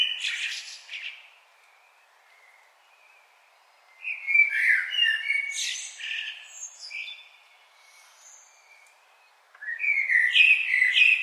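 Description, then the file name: Common blackbird singing rich whistled phrases with shrill twittered flourishes, separated by short pauses. "Turdus merula"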